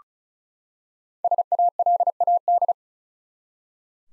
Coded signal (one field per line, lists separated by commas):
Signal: Morse code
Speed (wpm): 34 wpm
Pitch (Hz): 700 Hz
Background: none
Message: SALAD